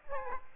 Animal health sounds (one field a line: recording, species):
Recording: mosquito wingbeat signal from an infrared sensor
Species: Aedes aegypti